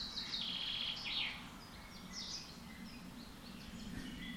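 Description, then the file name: Common chaffinch giving a rapid trill that ends with a drop in pitch, followed by faint high chirps and a constant low rumble. "Fringilla coelebs"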